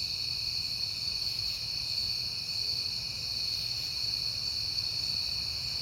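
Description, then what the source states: Crickets in a continuous high-pitched trill, several tones stacked and steady, above a faint low hum. Crickets at night in September, on a peaceful night.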